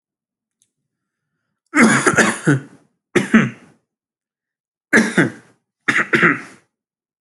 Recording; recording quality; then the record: heavy voluntary cough; excellent, no background noise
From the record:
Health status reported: healthy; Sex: male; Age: 25 years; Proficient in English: yes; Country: India